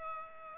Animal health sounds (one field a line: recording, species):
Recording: mosquito wingbeat signal from an infrared sensor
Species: Culex pipiens